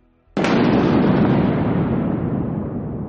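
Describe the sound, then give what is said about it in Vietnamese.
A single loud explosion boom hits abruptly after a brief quiet, then a broad, rumbling roar sustains and slowly fades without trailing off completely. “Đúng lúc này, bỗng ầm vang một tiếng, khiến Trương Quốc Trung ù hết cả tay”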